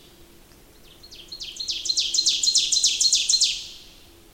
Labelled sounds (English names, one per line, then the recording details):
Ovenbird song
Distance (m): 20 m
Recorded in boreal forest in Alberta, Canada, on 28 May 2016 at 06:15
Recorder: SongMeter 3, array SBT-3-49
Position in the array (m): 89 m, 250 m
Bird 14